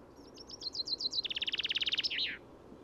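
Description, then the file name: Common chaffinch song, a cascade of bright descending notes running into a fast rattling trill and finishing with a brief twisted flourish, over a quiet background. "Fringilla coelebs"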